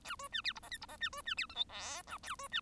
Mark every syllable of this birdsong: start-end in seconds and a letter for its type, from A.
0.04-0.16 A, 0.19-0.28 B, 0.32-0.41 C, 0.44-0.53 D, 0.55-0.59 E, 0.62-0.70 F, 0.71-0.78 G, 0.81-0.86 E, 0.88-0.97 F, 1.00-1.09 C, 1.12-1.22 B, 1.25-1.34 C, 1.37-1.46 D, 1.49-1.54 H, 1.54-1.65 I, 1.69-2.02 J, 2.07-2.18 K, 2.23-2.36 A, 2.38-2.48 B, 2.51-2.60 C